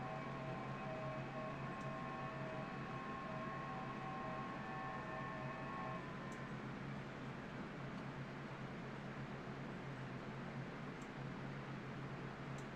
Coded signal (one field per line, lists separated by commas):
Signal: FT8